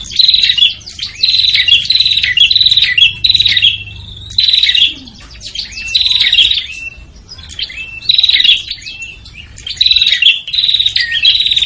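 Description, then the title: Prinia calls, rapid buzzy chattering bursts repeated in clusters with short pauses, some rising and falling whistled notes between them. Noisy prinia calls used as a lure to attract red-headed prinias and visiting prinias. "Suara Prenjak Ribut Buat Pikat Burung Prenjak Kepala Merah Prenjak Tamu"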